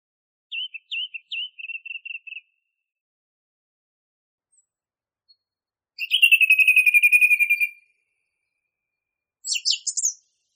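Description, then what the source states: Song thrush song: a short phrase of squeaky notes, a long buzzy trill after a pause, then a short burst of shrill high notes. Masteran recording, used for training songbirds.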